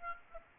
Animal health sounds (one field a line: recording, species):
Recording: mosquito wingbeat signal from an infrared sensor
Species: Aedes aegypti